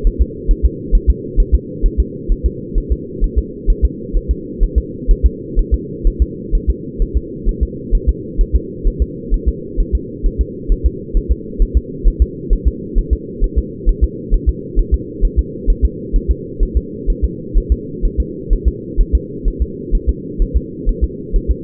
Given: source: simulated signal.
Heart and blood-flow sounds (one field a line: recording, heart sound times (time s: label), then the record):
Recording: fetal heart sounds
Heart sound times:
0.07 s: S1
0.22 s: S2
0.51 s: S1
0.65 s: S2
0.95 s: S1
1.10 s: S2
1.40 s: S1
1.55 s: S2
1.86 s: S1
2.00 s: S2
2.32 s: S1
2.46 s: S2
2.78 s: S1
2.92 s: S2
3.24 s: S1
3.38 s: S2
3.70 s: S1
3.85 s: S2
4.17 s: S1
4.31 s: S2
4.64 s: S1
4.78 s: S2
5.11 s: S1
5.26 s: S2
5.59 s: S1
5.74 s: S2
6.07 s: S1
6.22 s: S2
6.55 s: S1
6.70 s: S2
7.02 s: S1
7.17 s: S2
7.49 s: S1
7.63 s: S2
7.95 s: S1
8.09 s: S2
8.41 s: S1
8.56 s: S2
8.87 s: S1
9.02 s: S2
9.34 s: S1
9.48 s: S2
9.80 s: S1
9.95 s: S2
10.26 s: S1
10.41 s: S2
10.72 s: S1
10.86 s: S2
11.17 s: S1
11.32 s: S2
11.62 s: S1
11.77 s: S2
12.08 s: S1
12.22 s: S2
12.53 s: S1
12.67 s: S2
12.98 s: S1
13.13 s: S2
13.44 s: S1
13.58 s: S2
13.89 s: S1
14.04 s: S2
14.34 s: S1
14.49 s: S2
14.79 s: S1
14.94 s: S2
15.25 s: S1
15.39 s: S2
15.70 s: S1
15.85 s: S2
16.16 s: S1
16.31 s: S2
16.63 s: S1
16.77 s: S2
17.10 s: S1
17.24 s: S2
17.58 s: S1
17.72 s: S2
18.05 s: S1
18.20 s: S2
18.53 s: S1
18.68 s: S2
19.01 s: S1
19.15 s: S2
19.48 s: S1
19.62 s: S2
19.95 s: S1
20.09 s: S2
20.42 s: S1
20.56 s: S2
20.89 s: S1
21.04 s: S2
21.36 s: S1
21.51 s: S2
From the record:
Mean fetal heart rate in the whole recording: 130 bpm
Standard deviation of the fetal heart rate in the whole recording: 4 bpm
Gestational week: 38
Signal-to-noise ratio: -4.1 dB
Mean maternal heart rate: no maternal heart sound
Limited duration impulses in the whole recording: absent